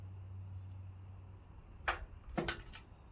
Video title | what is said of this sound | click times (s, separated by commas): Ryobi 18 volt grease gun review | Boy, you hear that snap on there? That's good. | 1.9 s